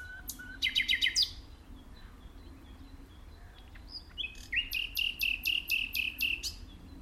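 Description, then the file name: Common nightingale song: a quick run of repeated notes, a pause with a few faint notes, then a steady series of several loud, rhythmic notes. "Luscinia megarhynchos"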